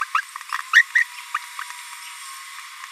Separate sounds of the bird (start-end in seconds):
0.14-0.21, 0.73-0.83, 0.95-1.04, 1.34-1.38